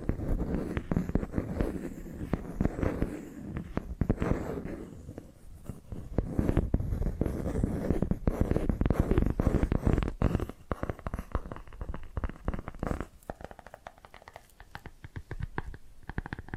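Dense tapping and scratching go on almost without pause, fingertips and nails working a surface in quick, irregular strokes with a low, rubbing body underneath. The sound is thickest in the first ten seconds, then thins into lighter, sparser taps and scrapes toward the end.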